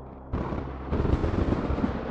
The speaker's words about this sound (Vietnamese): sấm sét bên ngoài đánh ầm ầm, cơn bão mỗi lúc một lớn.